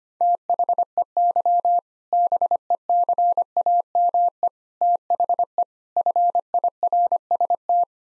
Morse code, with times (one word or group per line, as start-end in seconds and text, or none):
0.2-1.8 THEY
2.1-4.5 BECAME
4.8-5.6 THE
6.0-7.8 FIRST